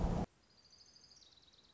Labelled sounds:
Orange-crowned Warbler (Leiothlypis celata)
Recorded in Sonoma County, California

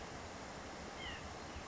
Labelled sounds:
White-breasted Nuthatch (Sitta carolinensis)
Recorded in Sonoma County, California

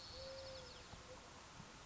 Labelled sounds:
Eurasian Collared Dove (Streptopelia decaocto)
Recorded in Sonoma County, California

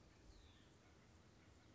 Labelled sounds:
Hutton's Vireo (Vireo huttoni)
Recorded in Sonoma County, California

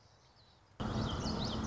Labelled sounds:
Common Yellowthroat (Geothlypis trichas)
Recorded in Sonoma County, California

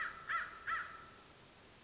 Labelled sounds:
American Crow (Corvus brachyrhynchos)
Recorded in Sonoma County, California

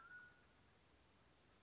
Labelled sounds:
Mountain Quail (Oreortyx pictus)
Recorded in Sonoma County, California

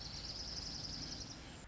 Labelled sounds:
Orange-crowned Warbler (Leiothlypis celata)
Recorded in Sonoma County, California

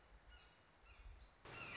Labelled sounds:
Red-shouldered Hawk (Buteo lineatus)
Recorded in Sonoma County, California

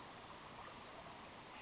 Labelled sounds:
Western Flycatcher (Empidonax difficilis)
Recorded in Sonoma County, California

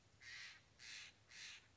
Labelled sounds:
Steller's Jay (Cyanocitta stelleri)
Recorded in Sonoma County, California

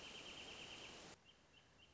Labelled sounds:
Wrentit (Chamaea fasciata)
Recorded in Sonoma County, California

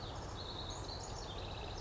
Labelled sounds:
House Wren (Troglodytes aedon)
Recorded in Sonoma County, California

